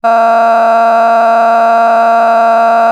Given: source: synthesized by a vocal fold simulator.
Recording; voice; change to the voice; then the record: sustained vowel; female; a random mix of aspiration noise, stiffness perturbation and strain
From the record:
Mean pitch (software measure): 229 Hz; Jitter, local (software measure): 1.84%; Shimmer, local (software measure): 5.1%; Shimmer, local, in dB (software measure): 0.45 dB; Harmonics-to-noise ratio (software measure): 15.7 dB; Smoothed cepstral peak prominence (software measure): 15.4 dB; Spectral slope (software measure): -18.8 dB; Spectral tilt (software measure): -10.8 dB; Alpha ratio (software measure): -9.2 dB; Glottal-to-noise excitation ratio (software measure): 0.963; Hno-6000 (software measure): 2.2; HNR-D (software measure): 37.2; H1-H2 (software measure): 1.3 dB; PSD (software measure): 7.2e-05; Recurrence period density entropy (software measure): 0.117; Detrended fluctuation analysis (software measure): 0.0115